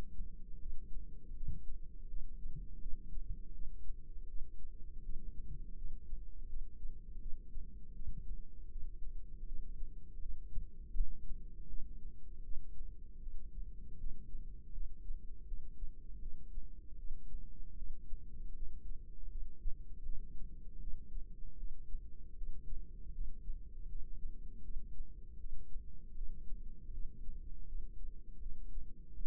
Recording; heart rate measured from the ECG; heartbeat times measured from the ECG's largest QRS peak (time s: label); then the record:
heart sounds by microphone in the right ear; 80 bpm
0.59 s: heartbeat
1.35 s: heartbeat
2.08 s: heartbeat
2.80 s: heartbeat
3.53 s: heartbeat
4.27 s: heartbeat
5.03 s: heartbeat
5.76 s: heartbeat
6.48 s: heartbeat
7.20 s: heartbeat
7.93 s: heartbeat
8.70 s: heartbeat
9.46 s: heartbeat
10.20 s: heartbeat
10.94 s: heartbeat
11.68 s: heartbeat
12.43 s: heartbeat
13.20 s: heartbeat
13.98 s: heartbeat
14.72 s: heartbeat
15.46 s: heartbeat
16.20 s: heartbeat
16.97 s: heartbeat
17.76 s: heartbeat
18.54 s: heartbeat
19.29 s: heartbeat
20.03 s: heartbeat
20.79 s: heartbeat
21.57 s: heartbeat
22.35 s: heartbeat
23.12 s: heartbeat
23.87 s: heartbeat
24.62 s: heartbeat
25.38 s: heartbeat
26.15 s: heartbeat
26.91 s: heartbeat
27.66 s: heartbeat
28.40 s: heartbeat
29.14 s: heartbeat
From the record:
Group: healthy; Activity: rest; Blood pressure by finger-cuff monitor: 133/94 mmHg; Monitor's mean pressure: 113 mmHg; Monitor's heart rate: 80 bpm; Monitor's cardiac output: 4.7 L/min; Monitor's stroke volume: 59 mL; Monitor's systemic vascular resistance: 1810 dyn s/cm5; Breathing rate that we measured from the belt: 14 breaths a minute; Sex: female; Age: 51 years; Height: 162 cm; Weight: 70.04 kg